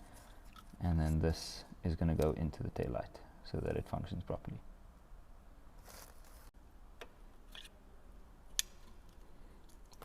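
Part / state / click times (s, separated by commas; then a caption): wiring harness connector into tail light socket / seated / 8.6 s. Someone talks while an adapter wiring harness, which the old wiring plugs into, is pushed into the plastic connector socket of an LCI LED tail light on an E92 335i so the light functions properly. After some faint handling ticks, a single sharp click rings out at 8.6 s as the connector seats.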